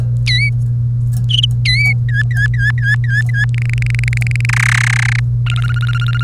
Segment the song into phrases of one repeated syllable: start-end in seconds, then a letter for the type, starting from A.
0.26-0.49 A, 1.65-1.93 A, 2.09-3.44 B, 3.54-4.46 C, 4.49-5.20 D, 5.46-6.23 E